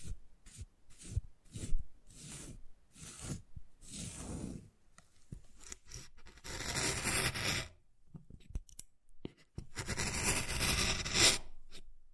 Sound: Wood Carving, Tapping and Scratching Sounds